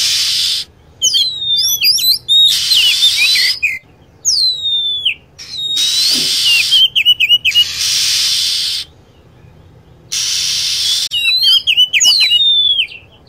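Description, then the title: Lovebird chirping in repeated short bursts of sharp, falling whistled notes, alternating with loud stretches of hiss. Lure sound for attracting lovebirds. "PIKAT BURUNG LOVEBIRD"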